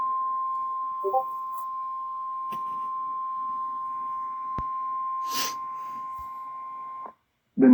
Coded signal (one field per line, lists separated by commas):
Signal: Emergency Alert System (SAME) tones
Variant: 1050 Hz attention tone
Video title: EAS#152 Tornado Warning on WXK38 in Amarillo, TX (12/12/2022).